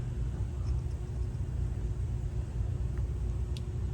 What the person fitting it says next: Click, all right.